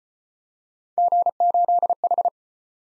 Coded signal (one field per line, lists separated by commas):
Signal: Morse code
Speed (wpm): 33 wpm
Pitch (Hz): 700 Hz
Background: none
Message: G8H